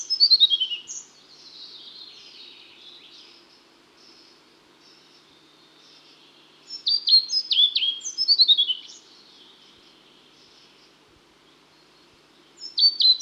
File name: Pied Flycatcher (Ficedula hypoleuca)